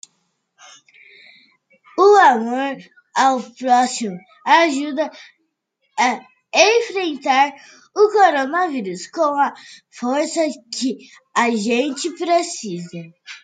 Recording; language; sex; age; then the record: spoken sentence; Brazilian Portuguese; female; 30 to 39 years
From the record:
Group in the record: control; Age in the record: 37 years